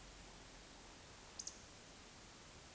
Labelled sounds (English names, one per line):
Eurasian Woodcock whistle
Eurasian Woodcock croak